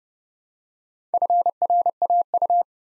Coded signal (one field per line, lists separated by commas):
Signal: Morse code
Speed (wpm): 30 wpm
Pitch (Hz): 700 Hz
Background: none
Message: FRAU